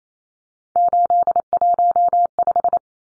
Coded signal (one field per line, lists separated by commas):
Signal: Morse code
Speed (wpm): 28 wpm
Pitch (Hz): 700 Hz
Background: none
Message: 815